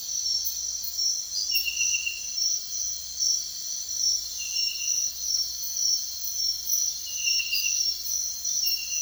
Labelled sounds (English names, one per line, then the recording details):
none
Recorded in secondary vegetation near Puerto Asís, Putumayo, Colombia, on 22 June 2025 at 04:30
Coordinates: 0.498, -76.327
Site GP09